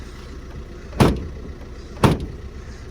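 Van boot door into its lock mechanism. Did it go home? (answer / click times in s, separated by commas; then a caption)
no / none. The rear boot door of a van is pushed shut twice against a faulty locking mechanism, with sharp knocks at 1.0 s and 2.0 s as the door meets the frame over a steady low background rumble. The lock fails to catch, and nothing has seated or clicked.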